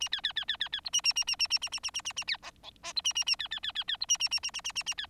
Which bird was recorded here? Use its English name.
Bengalese Finch